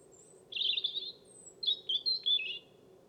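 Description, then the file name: European robin giving two rapid warbled phrases, rich twittering notes with thin high whistles between, over a faint low drone. "Erithacus rubecula"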